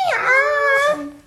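Chicken: rooster crowing, a single drawn-out harmonic note that dips at the start, then holds steady and fades after about a second.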